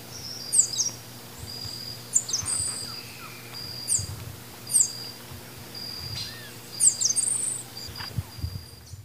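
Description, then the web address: White-bellied Dacnis giving short, sharp high-pitched chips and twitters at irregular intervals, with a steady high tone behind and some low background rumble. Male singing; eastern lowlands of South America. "Natures Songs S America Eastern Lowlands Dacnis albiventris, song male"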